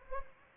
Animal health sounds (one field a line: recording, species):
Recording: mosquito wingbeat signal from an infrared sensor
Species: Anopheles gambiae